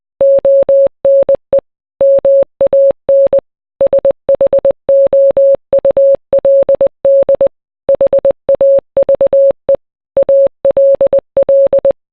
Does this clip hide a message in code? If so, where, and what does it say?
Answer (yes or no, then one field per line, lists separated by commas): yes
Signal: Morse code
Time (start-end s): 0.2-11.9 s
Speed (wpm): 20 wpm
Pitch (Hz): 550 Hz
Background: none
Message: ONE MAN SHOULD HAVE ALL